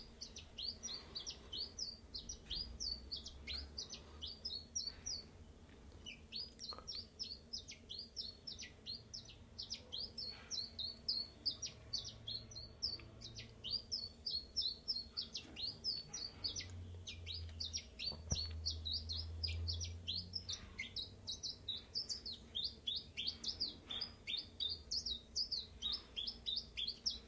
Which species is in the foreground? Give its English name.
Common Chiffchaff